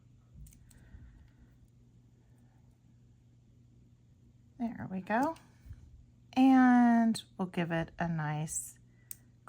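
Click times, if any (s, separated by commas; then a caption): 9.1 s. Someone talks while closing the clasp of a finished beaded necklace onto its jump ring with a firm squeeze, with a few faint clicks early on. A sharp click at 9.1 s marks the clasp locking closed into place.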